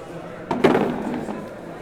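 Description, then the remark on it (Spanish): A chair is pulled over and set down with a sharp knock and a heavier thud, followed by a brief, softer scraping rustle over low background murmur. “Espera, cojo otra. ¿Me pongo silla ahí?”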